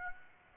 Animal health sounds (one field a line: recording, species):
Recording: mosquito wingbeat signal from an infrared sensor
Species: Aedes aegypti